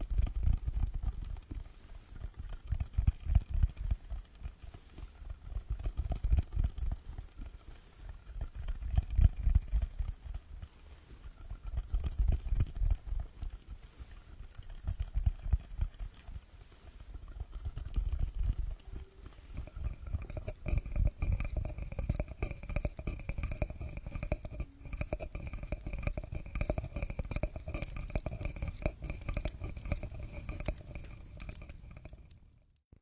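Wooden massage tools at work in a spa: rapid, dense tapping and rubbing with soft low thuds, swelling and easing in waves every few seconds for the first twenty seconds. After that the strokes turn steadier, a faint high whine joins them, and everything cuts off abruptly just before the end.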